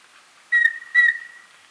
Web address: Natures Songs S America Birds of Ecuador Rufous-breasted Antthrush